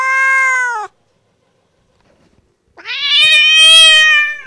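Bobcat distress call: a strained, meow-like cry ends abruptly, then after a pause a longer, louder, raspy wail rises and holds steady.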